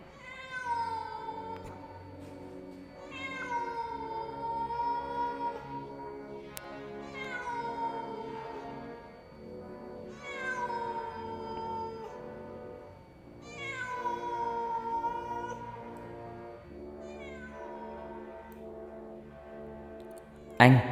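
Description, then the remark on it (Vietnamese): A cat meows mournfully in about five long, drawn-out wails, each rising then sagging downward in pitch, loud and plaintive with brief gaps between calls. “Vẳng từ đâu đây có tiếng một con mèo kêu lên, nghe não nòng kinh khủng.”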